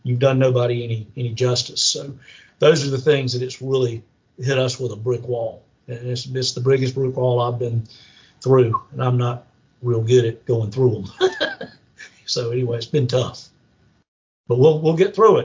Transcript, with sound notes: You’ve done nobody any justice, so those are the things that have really hit us with a brick wall, and it’s the biggest brick wall I’ve ever been through, and I’m not real good at going through them. (laughs) So anyway, it’s been tough, but we’ll get through it.